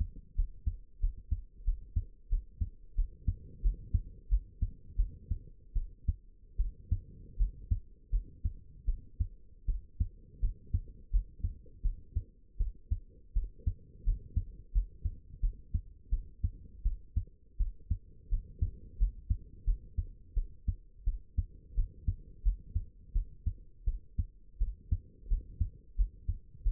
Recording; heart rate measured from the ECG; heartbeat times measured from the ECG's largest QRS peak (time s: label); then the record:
heart sounds by stethoscope; 84 bpm
0.36 s: heartbeat
1.00 s: heartbeat
1.65 s: heartbeat
2.29 s: heartbeat
2.96 s: heartbeat
3.62 s: heartbeat
4.29 s: heartbeat
4.97 s: heartbeat
5.74 s: heartbeat
6.57 s: heartbeat
7.38 s: heartbeat
8.11 s: heartbeat
8.86 s: heartbeat
9.66 s: heartbeat
10.41 s: heartbeat
11.11 s: heartbeat
11.83 s: heartbeat
12.58 s: heartbeat
13.34 s: heartbeat
14.05 s: heartbeat
14.73 s: heartbeat
15.41 s: heartbeat
16.10 s: heartbeat
16.83 s: heartbeat
17.58 s: heartbeat
18.30 s: heartbeat
18.98 s: heartbeat
19.65 s: heartbeat
20.35 s: heartbeat
21.05 s: heartbeat
21.75 s: heartbeat
22.43 s: heartbeat
23.13 s: heartbeat
23.85 s: heartbeat
24.59 s: heartbeat
25.29 s: heartbeat
25.96 s: heartbeat
26.64 s: heartbeat
From the record:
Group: healthy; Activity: rest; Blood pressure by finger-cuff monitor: 87/46 mmHg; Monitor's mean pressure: 63 mmHg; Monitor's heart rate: 85 bpm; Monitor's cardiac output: 8.5 L/min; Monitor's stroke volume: 101 mL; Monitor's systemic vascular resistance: 510 dyn s/cm5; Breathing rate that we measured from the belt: 17 breaths a minute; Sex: female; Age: 22 years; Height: 161 cm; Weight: 65.5 kg